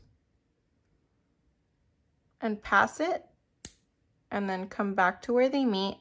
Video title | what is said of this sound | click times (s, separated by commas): Beaded Necklace Tutorial - Mushrooms, Jade, Mother of Pearl - Jewelry Supplies In Video Description | you kind of want to hear a click and | 3.7 s